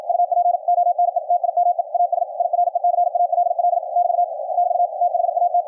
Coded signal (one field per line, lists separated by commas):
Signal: Morse code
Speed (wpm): 53 wpm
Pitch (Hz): 700 Hz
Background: radio noise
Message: UP ONE TIME AS I RECALL <BT> <BT> THAT